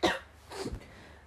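A single sharp, explosive cough burst, followed about half a second later by a softer, low, throaty after-sound. The room is otherwise quiet. It is an ordinary single cough from an adult who is ill, likely with COVID-19.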